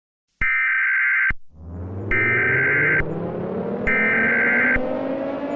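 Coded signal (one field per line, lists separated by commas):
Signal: Emergency Alert System (SAME) tones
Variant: header bursts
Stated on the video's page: Fictional EAS scenario inspired by Monster Hunter, using valid EAS tones.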